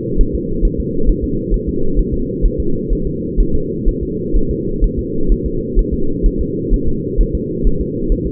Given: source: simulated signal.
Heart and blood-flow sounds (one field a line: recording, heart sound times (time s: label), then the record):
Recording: fetal heart sounds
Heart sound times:
0.21 s: S1
0.35 s: S2
0.65 s: S1
0.80 s: S2
1.09 s: S1
1.24 s: S2
1.54 s: S1
1.69 s: S2
1.99 s: S1
2.14 s: S2
2.45 s: S1
2.60 s: S2
2.93 s: S1
3.07 s: S2
3.40 s: S1
3.55 s: S2
3.88 s: S1
4.03 s: S2
4.37 s: S1
4.51 s: S2
4.84 s: S1
4.99 s: S2
5.32 s: S1
5.46 s: S2
5.79 s: S1
5.94 s: S2
6.26 s: S1
6.41 s: S2
6.74 s: S1
6.88 s: S2
7.21 s: S1
7.35 s: S2
7.67 s: S1
7.81 s: S2
8.12 s: S1
8.27 s: S2
From the record:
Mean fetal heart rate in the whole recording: 130 bpm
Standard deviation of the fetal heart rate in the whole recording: 4 bpm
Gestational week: 38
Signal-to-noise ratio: -8.1 dB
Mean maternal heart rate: 72 bpm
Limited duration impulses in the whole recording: absent